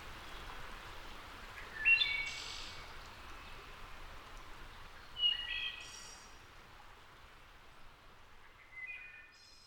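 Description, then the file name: Wood thrush singing: separate flute-like phrases about three seconds apart, each ending in a high ringing trill, the last one softer, over constant hiss. "wood thrush return"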